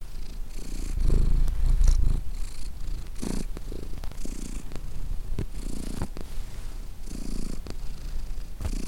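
Cat purr, a deep continuous rumble pulsing with each breath, louder near the start and then settling into an even rhythm.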